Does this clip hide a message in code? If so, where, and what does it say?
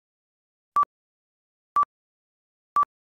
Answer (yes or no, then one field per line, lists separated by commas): no